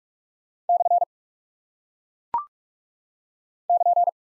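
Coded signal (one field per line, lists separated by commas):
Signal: Morse code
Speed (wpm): 44 wpm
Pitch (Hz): 700 Hz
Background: none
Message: / <KN>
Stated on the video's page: Head-copy practice of single punctuation and prosign characters at 45 wpm.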